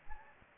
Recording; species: mosquito wingbeat signal from an infrared sensor; Anopheles gambiae